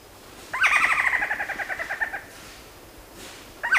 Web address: Natures Songs S America Birds of Ecuador Golden-headed Quetzal